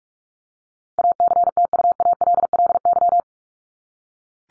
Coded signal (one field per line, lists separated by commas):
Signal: Morse code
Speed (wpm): 44 wpm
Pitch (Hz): 700 Hz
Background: none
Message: ACTUALLY